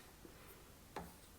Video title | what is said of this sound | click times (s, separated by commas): Indesit Tumble Dryer How to clean the Filter | Dann schließen Sie ihn vorsichtig wieder und er rastet ein. | 1.0 s